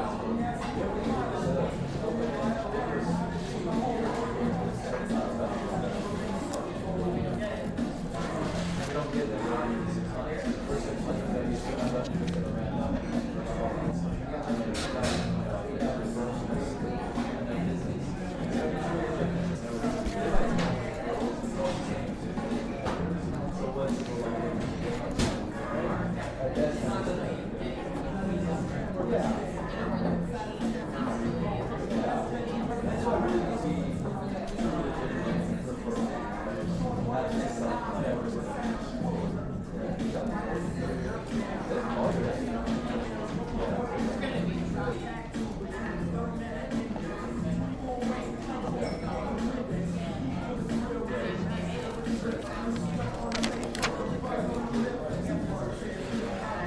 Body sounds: background sound without coughing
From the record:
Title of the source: 60 minutes of coffee shop sounds for study and concentration

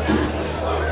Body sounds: background sound without coughing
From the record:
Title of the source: CITY SOUNDS Busy Bar in the Evening Night - 2 HOURS of Ambiance for Relaxation

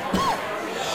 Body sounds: coughing mixed with background sound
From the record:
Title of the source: Spring Allergy Coughing

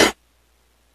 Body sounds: coughing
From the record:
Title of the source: 61 morning phlegmy cough...again

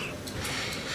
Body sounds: coughing mixed with background sound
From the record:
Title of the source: 31 night wet cough

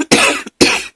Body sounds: coughing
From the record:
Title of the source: 64 coughing, allergies, singing lungs

